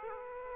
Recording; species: mosquito wingbeat signal from an infrared sensor; Aedes aegypti